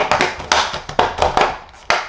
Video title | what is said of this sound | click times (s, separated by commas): News de la semaine - 009 | Vous entendez le bruit des clips. | 0.5 s, 1.0 s, 1.9 s